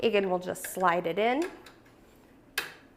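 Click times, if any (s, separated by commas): 2.6 s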